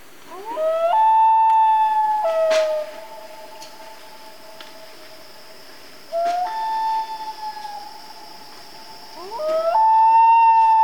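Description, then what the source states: Common loon wailing: long, pure, mournful notes that rise and hold steady, repeated three times with pauses, over a faint high steady hiss. Loons heard as a family group in Canada.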